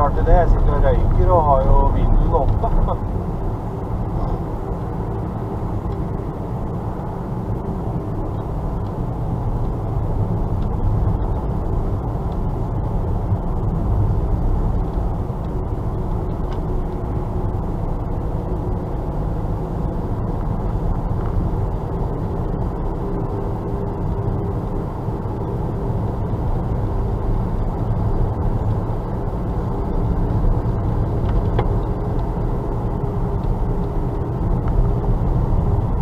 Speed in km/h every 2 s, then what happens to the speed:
43, 44, 45, 45, 44, 44, 44, 43, 40, 39, 43, 45, 46, 45, 46, 46, 46, 45.
0-18 steady at about 44. 18-23 speeds up to 46. 23-36 steady at about 46.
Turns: none.